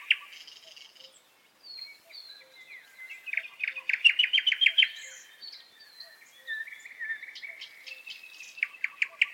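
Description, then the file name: Nightingale song: varied high phrases with thin whistles, then a fast run of loud repeated notes, broken by short pauses and ending in sharp repeated chips. "Ptichka solovey"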